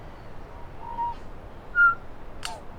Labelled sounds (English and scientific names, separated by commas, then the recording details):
New Zealand Bellbird (Anthornis melanura) song
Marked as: Pipe(roughCUV1), Pipe(F[6]), Cough(clickCUV)
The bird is a male
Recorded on Cuvier Island, New Zealand, on 8 November 2016
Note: ChorusingWithClicksAndBuzzesDiffToPrevChorusing